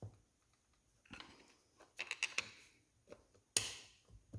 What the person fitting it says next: There, just heard it click.